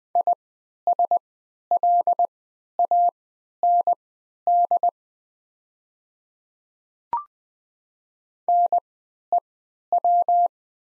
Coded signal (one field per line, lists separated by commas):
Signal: Morse code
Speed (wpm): 20 wpm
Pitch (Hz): 700 Hz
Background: none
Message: ISLAND NEW